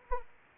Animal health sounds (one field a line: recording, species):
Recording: mosquito wingbeat signal from an infrared sensor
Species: Anopheles arabiensis